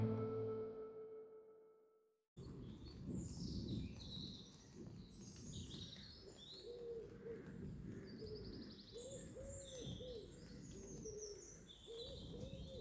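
A low humming tone opens and fades into a brief silence. Then a dense woodland scene takes over: water dripping from the trees beneath a steady low rumble, many small birds chirping high, and a repeated low hooting call from about nine seconds on.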